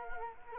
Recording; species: mosquito wingbeat signal from an infrared sensor; Culex quinquefasciatus